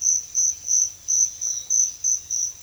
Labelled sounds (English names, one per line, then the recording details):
none
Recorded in secondary vegetation near Puerto Asís, Putumayo, Colombia, on 23 June 2025 at 06:30
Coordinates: 0.500, -76.326
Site GP08